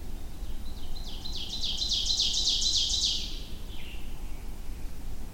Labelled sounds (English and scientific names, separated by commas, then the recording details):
Ovenbird (Seiurus aurocapilla) song
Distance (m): 30 m
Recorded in boreal forest in Alberta, Canada, on 21 June 2016 at 06:03
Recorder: SongMeter 3, array SBT-6-76
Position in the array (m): 282 m, 103 m
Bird 1